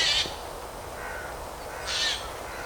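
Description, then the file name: Eurasian jay with two harsh, grating screeches about two seconds apart against steady noisy background hiss. "Garrulus glandarius"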